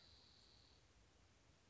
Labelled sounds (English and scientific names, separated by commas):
Spotted Towhee (Pipilo maculatus)